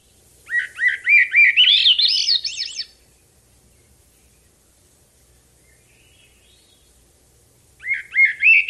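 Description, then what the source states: Swainson's Thrush song: a rising spiral of fluty, breathy notes lasting about two and a half seconds, then silence, then another phrase starting near the end. Same song replayed; first stanza has an extra opening phrase, first two stanzas trail out at the end, third cuts itself off; species nests and sings in local backyards.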